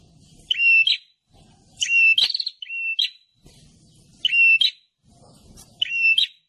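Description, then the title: Prinia giving sharp chirping calls, each a level buzzy note ending in an upward flick, delivered in clusters with brief pauses and low background rumble. Noisy prenjak calls used as a lure to attract red-headed prenjaks and visiting prenjaks. "Suara Prenjak Ribut Buat Pikat Burung Prenjak Kepala Merah Prenjak Tamu"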